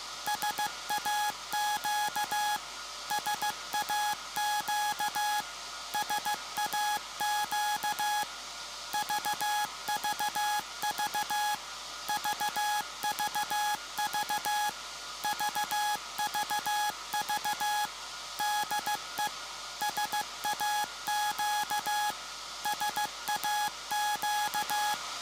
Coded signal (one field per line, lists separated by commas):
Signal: Morse code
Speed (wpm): 15 wpm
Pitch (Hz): 840 Hz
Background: music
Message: SAQ SAQ SAQ VVV VVV VVV DE SAQ SAQ